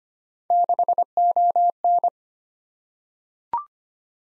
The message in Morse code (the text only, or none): 6ON